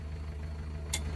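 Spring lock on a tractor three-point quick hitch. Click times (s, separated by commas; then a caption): 0.9 s. The small spring lock on a Pats quick-change three-point hitch for a Massey Ferguson 265 tractor, set up to hook up a Bush hog, is pushed down by hand to show how the hitch pin will trip it when it slides in. Over a steady low hum, one sharp, bright click lands at 0.9 s. The lock clicks into place and is seated.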